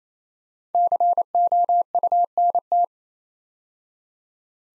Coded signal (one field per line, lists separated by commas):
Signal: Morse code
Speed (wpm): 29 wpm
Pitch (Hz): 700 Hz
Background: none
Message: COUNT